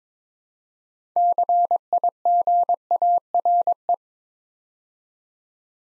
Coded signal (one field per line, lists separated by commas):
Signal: Morse code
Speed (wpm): 22 wpm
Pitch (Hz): 700 Hz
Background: none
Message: CIGARE